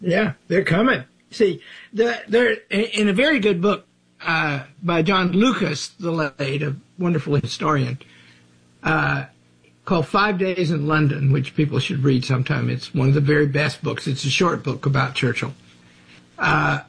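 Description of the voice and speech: An adult man talks fluently and clearly about a history book, with a few brief hesitation pauses: typical adult speech.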